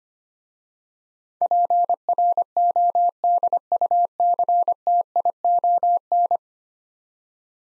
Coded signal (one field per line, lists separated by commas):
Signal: Morse code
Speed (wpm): 25 wpm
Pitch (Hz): 700 Hz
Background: none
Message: PRODUCTION